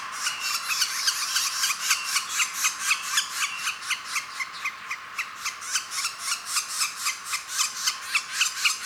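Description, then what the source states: Northern flicker nestling begging: a fast, even chain of harsh, raspy buzzing pulses, roughly four per second, continuing throughout. Nestling, calling while being fed.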